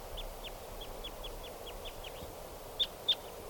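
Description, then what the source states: Crossbill calls, a quick series of short downslurred high notes, then two louder sharp notes, over steady low background noise. A lone wild male giving calls.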